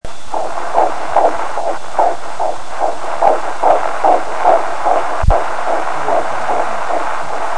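Fetal heartbeat heard through an ultrasound Doppler: rapid, rhythmic pulsing beats.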